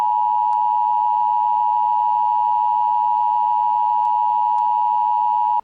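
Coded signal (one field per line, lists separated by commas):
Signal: Emergency Alert System (SAME) tones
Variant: 853 and 960 Hz attention tone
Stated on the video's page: Simulated EAS alert, a first mock project for a fictional "cringe warning".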